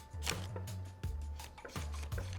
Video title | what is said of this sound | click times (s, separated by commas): HOW TO STABILIZER // Pro Level Stabilizer Assembly | and it's going to hear that click there so that's when you know it's going to hold | 0.3 s